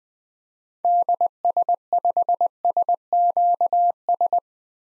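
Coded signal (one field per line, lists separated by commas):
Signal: Morse code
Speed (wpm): 20 wpm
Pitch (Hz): 700 Hz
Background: none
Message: DS5SQS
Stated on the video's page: Morse code drill sending common SOTA activator call signs at 20 wpm for head-copy practice, each sent before and after being spoken.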